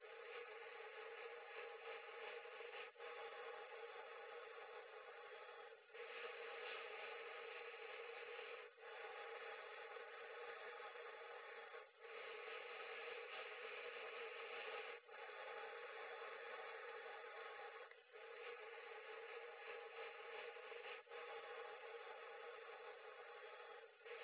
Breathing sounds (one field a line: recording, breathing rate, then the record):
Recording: paced breathing near a phone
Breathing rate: 10 breaths a minute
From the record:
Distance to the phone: 20 cm